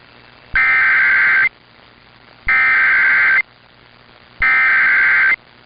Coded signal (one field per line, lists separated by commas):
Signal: Emergency Alert System (SAME) tones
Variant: header bursts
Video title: Buncha Flash Floodz | EAS Alerts from 8/22/2022 (EAS #1974-1985)